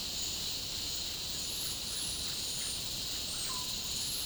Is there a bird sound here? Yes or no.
no